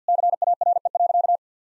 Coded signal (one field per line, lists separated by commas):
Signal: Morse code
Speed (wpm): 50 wpm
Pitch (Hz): 700 Hz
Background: none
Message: CARE.